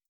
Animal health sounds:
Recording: hydrophone in a shrimp aquaculture tank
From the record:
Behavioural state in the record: starved

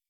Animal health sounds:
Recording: hydrophone in a shrimp aquaculture tank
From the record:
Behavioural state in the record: feeding

